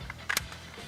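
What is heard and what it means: A loaded steel magazine is pushed into the magazine well of an AK rifle until it clicks into place, seating with sharp metallic clicks at 0.3 s and 0.4 s. A fainter tick comes just before at 0.1 s, over a steady low background hum.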